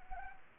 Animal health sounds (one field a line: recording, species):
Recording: mosquito wingbeat signal from an infrared sensor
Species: Anopheles arabiensis